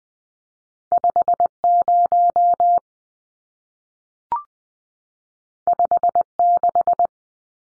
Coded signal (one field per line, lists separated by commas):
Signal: Morse code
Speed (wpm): 20 wpm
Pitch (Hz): 700 Hz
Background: none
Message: 50 56